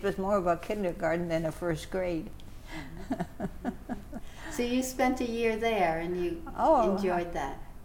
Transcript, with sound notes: It was more of a kindergarten than a first grade. [Laughs]
So you spent a year there and you enjoyed that?